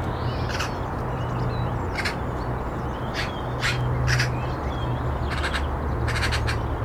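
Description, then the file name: Eurasian magpie giving harsh rattling calls in spaced bursts, ending with quicker paired bursts, over a low rumble. "Pica pica"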